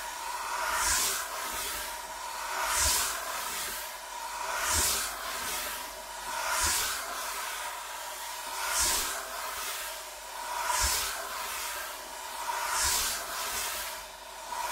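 Rubbing and scratching on a wooden table, moving in a steady back-and-forth rhythm with a bright, hissy swell roughly every two seconds. Each stroke ends in a soft low knock, and a faint scraping texture continues between the strokes.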